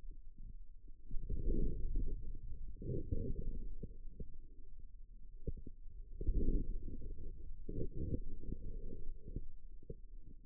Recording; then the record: forearm muscle sounds (acoustic myography)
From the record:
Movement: inward rotation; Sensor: system 2, bracelet of six BSWA MPA416 microphones around the upper forearm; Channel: 4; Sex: male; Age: 22 years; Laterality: right